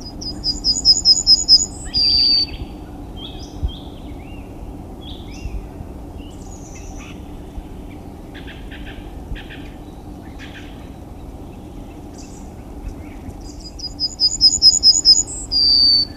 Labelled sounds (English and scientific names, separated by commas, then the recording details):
Yellowhammer (Emberiza citrinella) song
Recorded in the wild
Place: Klein Süstedt, DE
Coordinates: 52.935, 10.4736
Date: 1970-03-24
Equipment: Uher Report 4200, AKG D190C in Doppel-Parabolreflektor
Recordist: Krey, Winfried